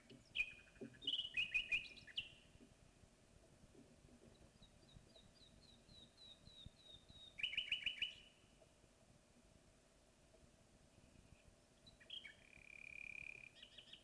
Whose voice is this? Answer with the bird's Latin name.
Luscinia megarhynchos